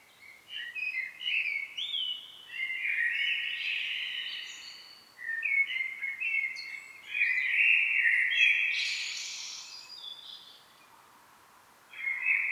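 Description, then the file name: Common blackbird pouring out a long run of mellow, warbling phrases mixed with high chittering notes, with a short pause before a final phrase. "Turdus merula"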